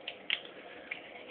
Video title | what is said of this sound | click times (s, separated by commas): Damascus arrow heads and scorpion knives | okay snaps right in | 0.3 s